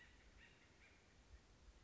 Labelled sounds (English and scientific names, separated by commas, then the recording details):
Acorn Woodpecker (Melanerpes formicivorus)
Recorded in Sonoma County, California